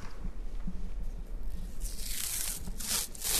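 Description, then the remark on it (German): Soft rustling and sticky peeling sounds as tape is pulled and pressed onto skin, fixing a pain electrode to a 23-year-old woman's right hand at the University Medical Center Hamburg-Eppendorf, with brief bright tearing bursts toward the end, under a low steady hum. “Okay, dann würde ich jetzt bei Ihnen einmal die Schmerzelektrode aufkleben auf die rechte Hand, wenn ich einmal ganz kurz, genau.”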